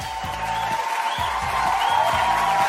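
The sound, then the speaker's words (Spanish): An applause sound effect: a crowd's dense, steady wash of clapping with faint cheering that holds at an even loudness for the whole few seconds, played to celebrate the game Juanito Arcade Mayhem arriving free on Android. “Ese gratis se merece tan fuerte, pero tan fuerte un aplauso.”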